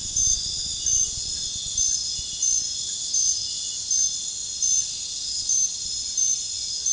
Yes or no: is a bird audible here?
no